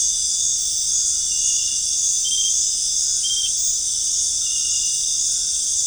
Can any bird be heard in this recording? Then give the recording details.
no. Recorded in dense forest near Puerto Asís, Putumayo, Colombia, on 23 June 2025 at 19:00. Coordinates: 0.481, -76.323. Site G072